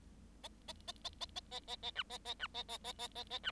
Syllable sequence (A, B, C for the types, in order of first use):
A A A A A A A A A B A A B A A A A A A B